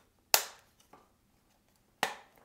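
A ridged plastic hose connector for a Veken ultra-slim, non-electric dual-nozzle bidet is lined up with the slots on the sprayer body and pushed in. Two sharp clicks are heard at 0.3 s and 2.0 s, with faint ticks between them. The connector snaps into place and is confirmed secure.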